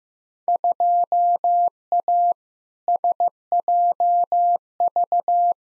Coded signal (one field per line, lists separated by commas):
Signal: Morse code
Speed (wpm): 15 wpm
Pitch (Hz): 700 Hz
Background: none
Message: 2A SJV